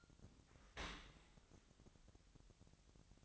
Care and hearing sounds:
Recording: daily activity, microphone in the room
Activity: open dishwasher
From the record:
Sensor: 3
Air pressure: 1003.1 hPa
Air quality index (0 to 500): 197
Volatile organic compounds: 6 ppm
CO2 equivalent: 1919 ppm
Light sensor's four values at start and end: 22/55/23/25 and 23/56/24/25

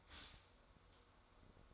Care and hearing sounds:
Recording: daily activity, microphone in the room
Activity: stop toaster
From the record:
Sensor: 3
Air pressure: 1004.2 hPa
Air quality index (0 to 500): 201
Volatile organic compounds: 15 ppm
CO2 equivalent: 2511 ppm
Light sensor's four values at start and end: 4/12/4/4 and 4/11/4/4

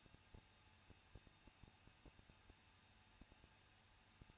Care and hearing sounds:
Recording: daily activity, microphone in the room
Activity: no activity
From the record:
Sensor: 2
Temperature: 21.0 degrees Celsius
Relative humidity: 37.3%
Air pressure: 1006.2 hPa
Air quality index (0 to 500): 221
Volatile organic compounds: 23 ppm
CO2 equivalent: 2795 ppm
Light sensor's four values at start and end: 2/3/2/2 and 2/3/2/2

